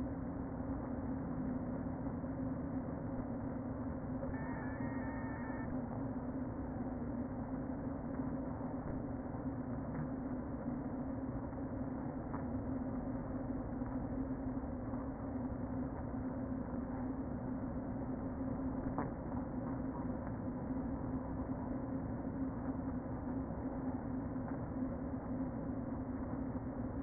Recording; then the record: honeybee colony, microphone inside the hive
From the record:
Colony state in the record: queen present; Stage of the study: before two queens were removed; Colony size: about 60,000 bees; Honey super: yes